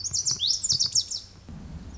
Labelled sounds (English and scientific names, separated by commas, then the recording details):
Lazuli Bunting (Passerina amoena)
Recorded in Sonoma County, California